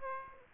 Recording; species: mosquito wingbeat signal from an infrared sensor; Aedes aegypti